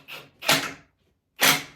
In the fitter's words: hear that click click, and you know that it's in.